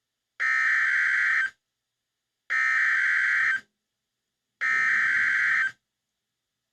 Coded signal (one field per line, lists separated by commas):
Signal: Emergency Alert System (SAME) tones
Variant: header bursts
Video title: EAS Severe Thunderstorm Warning Pittsburgh SVRPBZ July 25, 2016